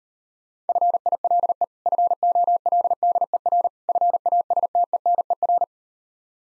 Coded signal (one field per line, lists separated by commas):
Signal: Morse code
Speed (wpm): 39 wpm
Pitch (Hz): 700 Hz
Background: none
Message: FILE FOLDER FASTENER